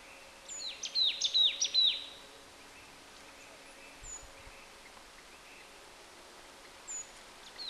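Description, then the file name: Marsh tit calls: one short burst of rapid, thin, high notes early on, followed by near quiet with a few faint chirps. "Poecile palustris"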